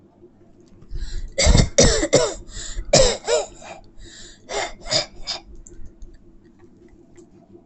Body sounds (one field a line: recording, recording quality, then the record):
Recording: shallow voluntary cough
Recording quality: excellent, no background noise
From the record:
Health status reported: healthy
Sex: female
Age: 33 years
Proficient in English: yes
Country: India